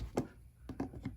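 A plastic retaining tang on a Nissan Maxima front bumper cover, bent out to close a gap, is pushed with the cover edge into its fender/bumper retainer bracket and snaps into place with a sharp click at 0.2 s. Several quieter taps and knocks follow at about 0.7, 0.8, 1.0 and 1.1 s, and the cover stays seated.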